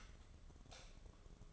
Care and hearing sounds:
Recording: daily activity, microphone in the room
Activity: light on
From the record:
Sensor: 4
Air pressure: 1011.1 hPa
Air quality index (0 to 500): 144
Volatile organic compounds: 3 ppm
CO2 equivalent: 1474 ppm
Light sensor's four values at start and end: 169/441/187/194 and 169/440/186/194

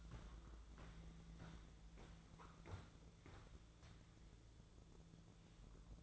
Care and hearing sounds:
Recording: daily activity, microphone in the room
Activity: walk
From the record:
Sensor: 3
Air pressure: 1005.4 hPa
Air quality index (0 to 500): 94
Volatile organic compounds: 3 ppm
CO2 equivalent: 1470 ppm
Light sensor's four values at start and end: 10/23/10/9 and 10/24/10/9

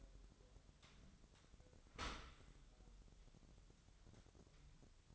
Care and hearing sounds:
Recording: daily activity, microphone in the room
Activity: open dishwasher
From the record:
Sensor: 3

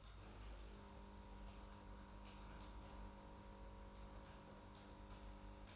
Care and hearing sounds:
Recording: daily activity, microphone in the room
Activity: typing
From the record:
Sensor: 2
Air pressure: 991.6 hPa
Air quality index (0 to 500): 193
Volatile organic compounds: 1000 ppm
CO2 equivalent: 6348 ppm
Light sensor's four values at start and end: 27/85/33/31 and 27/85/33/31

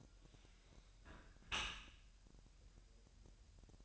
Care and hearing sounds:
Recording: daily activity, microphone in the room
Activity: close dishwasher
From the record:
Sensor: 2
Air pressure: 1000.4 hPa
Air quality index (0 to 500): 246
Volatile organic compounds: 90 ppm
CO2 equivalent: 3686 ppm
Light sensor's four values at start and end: 9/21/8/8 and 9/21/8/8

